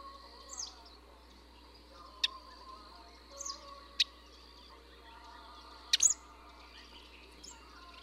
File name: 山麻雀